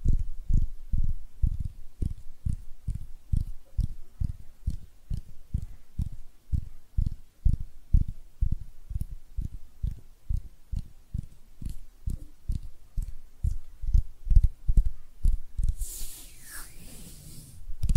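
Hands make a steady series of soft, low pats, about two to three per second, each with a faint dry tick on top. The rhythm holds evenly for sixteen seconds, then a brief bright rustling swish ends the clip.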